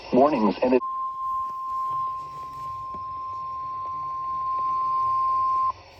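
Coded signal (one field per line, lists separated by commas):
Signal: Emergency Alert System (SAME) tones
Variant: 1050 Hz attention tone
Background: speech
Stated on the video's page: Real EAS alerts.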